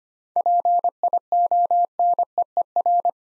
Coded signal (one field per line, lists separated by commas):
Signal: Morse code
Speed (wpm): 25 wpm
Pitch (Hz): 700 Hz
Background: none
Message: PIONEER